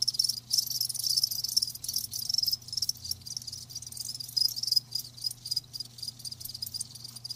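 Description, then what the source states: Crickets trill in a thick high chorus with brief drop-outs, a steady low hum below. Live crickets chirping, a lulling song.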